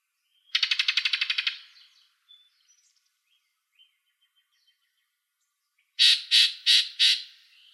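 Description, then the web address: Yellow-breasted Chat song: a dense, rattling churr of quick notes, a long pause, then four loud, harsh, evenly spaced chack calls. Recorded 24 April 2004, Arizona. "Other Warblers YBCH 042404"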